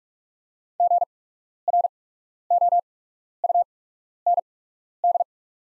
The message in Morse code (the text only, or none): GROUND